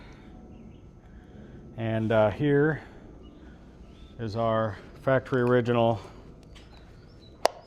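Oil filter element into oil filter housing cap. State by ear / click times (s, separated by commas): seated / 7.5 s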